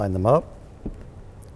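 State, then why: Seated. A 30 amp twist-lock power cord plug is pushed into the power inlet on a Winnebago Solis RV and given a slight turn so it locks in place. Someone talks at the start. A single short hit at 0.9 s marks the plug seating, and the lock is something felt rather than a clear click.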